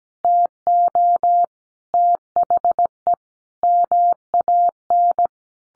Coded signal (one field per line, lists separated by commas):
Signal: Morse code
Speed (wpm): 17 wpm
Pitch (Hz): 700 Hz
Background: none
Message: TO THE MAN